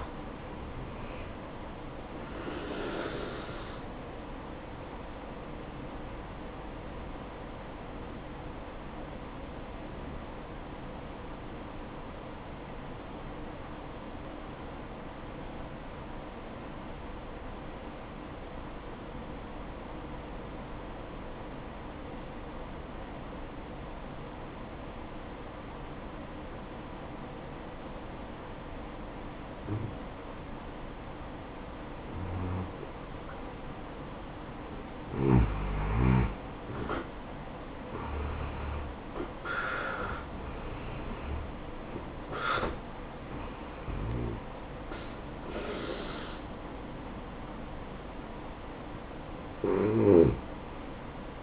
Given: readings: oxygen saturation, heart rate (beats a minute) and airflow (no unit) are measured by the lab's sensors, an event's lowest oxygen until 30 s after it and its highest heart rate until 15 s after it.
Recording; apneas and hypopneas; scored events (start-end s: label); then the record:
breathing in sleep by a voice recorder at the bedside; 1
12.00-35.20 s: obstructive apnea (N1, oxygen 95% highest, then 86% lowest, heart rate 59 at the start, 74 highest)
12.00-51.43 s: new sleep stage, N2 (light sleep)
From the record:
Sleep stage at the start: N1 (lightest sleep); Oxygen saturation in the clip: 84 to 95%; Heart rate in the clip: 58 to 74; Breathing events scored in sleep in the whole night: 573 in 9.8 hours asleep